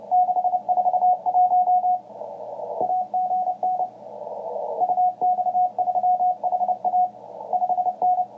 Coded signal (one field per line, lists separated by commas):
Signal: Morse code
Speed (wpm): 29 wpm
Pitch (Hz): 730 Hz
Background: radio noise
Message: 641 AGN UX3HA 5N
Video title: The Mysteries of Radio